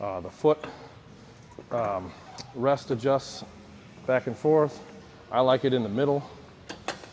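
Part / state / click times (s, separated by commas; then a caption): foot rest locking pin on a seated leg curl machine rail / seated / 6.9 s. A man talks while the foot rest of a seated leg curl machine is slid to its middle setting along the steel rail. A faint tap at 6.7 s is followed by a sharp click at 6.9 s as the locking pin pops into the hole and the foot rest seats in place.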